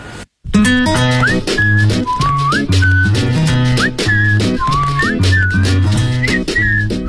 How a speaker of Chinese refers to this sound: 口哨吹得不错呀。